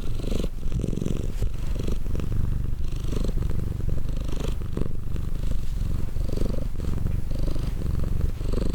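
Cat purr, a deep continuous vibrating rumble, its breath-driven pulses rising and easing without a break.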